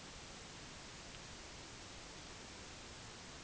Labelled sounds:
none
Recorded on Arctic tundra, site NAIT-1, on 30 June 2019
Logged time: 06:00

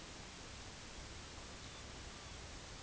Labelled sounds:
Common Raven (Corvus corax), unidentified sound
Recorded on Arctic tundra, site UTQI-5, on 23 June 2018
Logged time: 04:00

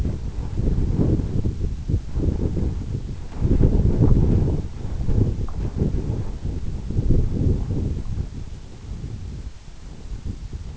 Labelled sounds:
none
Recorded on Arctic tundra, site EABA-1, on 26 June 2018
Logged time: 00:00

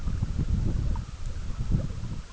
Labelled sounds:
none
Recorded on Arctic tundra, site EABA-MC, on 20 June 2019
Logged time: 14:00

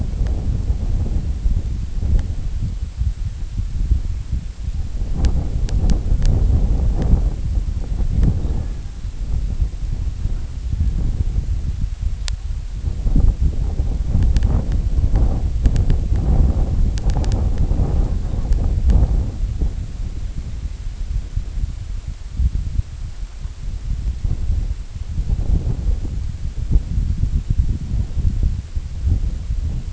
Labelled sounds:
Red-throated Loon (Gavia stellata)
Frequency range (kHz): Red-throated Loon (Gavia stellata) 0.6-2.0 kHz
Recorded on Arctic tundra, site IGLO-D, on 25 June 2018
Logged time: 02:00

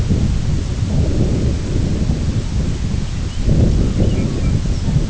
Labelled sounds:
unidentified sound, Long-tailed Duck (Clangula hyemalis), Lapland Longspur (Calcarius lapponicus)
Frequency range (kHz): Long-tailed Duck (Clangula hyemalis) 0.9-1.7 kHz; Lapland Longspur (Calcarius lapponicus) 4.9-6.0 kHz
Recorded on Arctic tundra, site IGLO-B, on 24 June 2018
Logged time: 17:59

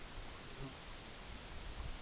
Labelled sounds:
none
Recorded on Arctic tundra, site EABA-MC, on 22 June 2019
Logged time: 18:00

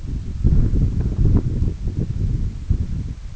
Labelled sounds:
none
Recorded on Arctic tundra, site EABA-1, on 21 June 2018
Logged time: 02:00

